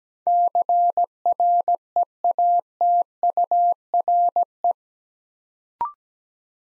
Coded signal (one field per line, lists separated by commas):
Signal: Morse code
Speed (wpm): 17 wpm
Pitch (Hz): 700 Hz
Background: none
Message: CREATURE